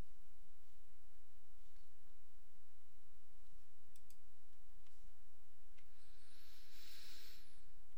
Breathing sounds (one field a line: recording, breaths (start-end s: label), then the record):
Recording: nose breathing near a microphone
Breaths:
5.65-7.90 s: inhalation
From the record:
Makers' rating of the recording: medium